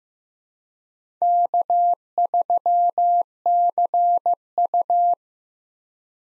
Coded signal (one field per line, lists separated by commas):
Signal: Morse code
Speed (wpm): 15 wpm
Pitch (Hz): 700 Hz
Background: none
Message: K3CU